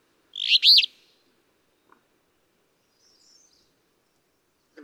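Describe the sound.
Alder flycatcher delivering one quick, buzzy, rough song phrase, followed by near silence with a faint high note.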